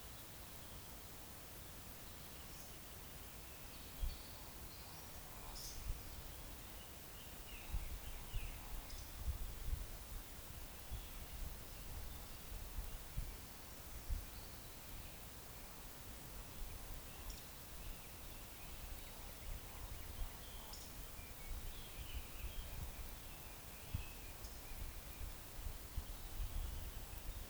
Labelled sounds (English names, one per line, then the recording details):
Eurasian Woodcock
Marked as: woodcock, woodcock
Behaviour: display flight
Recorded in Baden-Württemberg, Germany, on 11 June 2021 at 19:38 UTC
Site 45520, 595 m above sea level